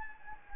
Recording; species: mosquito wingbeat signal from an infrared sensor; Anopheles gambiae